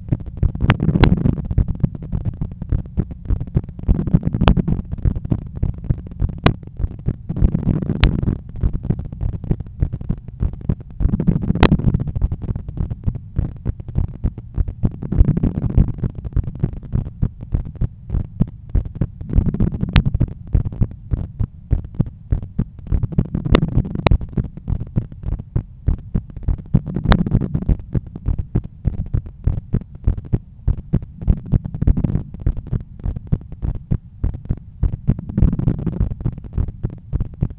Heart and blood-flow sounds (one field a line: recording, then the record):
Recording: heart sounds by stethoscope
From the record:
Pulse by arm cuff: 100 bpm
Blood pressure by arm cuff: 138/85 mmHg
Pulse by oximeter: 100 bpm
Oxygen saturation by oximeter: 96%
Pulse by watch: 101 bpm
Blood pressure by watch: 129/85 mmHg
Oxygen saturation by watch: 89%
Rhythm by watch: sinus rhythm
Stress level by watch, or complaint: medium stress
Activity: after 5 min smoking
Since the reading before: plus 500 steps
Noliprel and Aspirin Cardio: after pills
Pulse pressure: 53 mmHg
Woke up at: 7:20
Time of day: 17:57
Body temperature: 36.3 C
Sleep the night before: 8 h 11 min, score 61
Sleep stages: REM 22%, light 68%, deep 3%, awake 7%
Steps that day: 9500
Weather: sunny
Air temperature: 25.9 C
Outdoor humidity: 61%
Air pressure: 1015 hPa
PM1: 8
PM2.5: 12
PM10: 12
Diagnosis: hypertension, treated with Noliprel and Aspirin Cardio 100 mg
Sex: male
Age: 53 years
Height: 174 cm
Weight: 81 kg